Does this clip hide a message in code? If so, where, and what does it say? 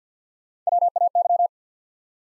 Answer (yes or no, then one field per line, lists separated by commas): yes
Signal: Morse code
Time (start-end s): 0.7-1.5 s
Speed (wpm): 50 wpm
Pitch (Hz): 700 Hz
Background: none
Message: W A Y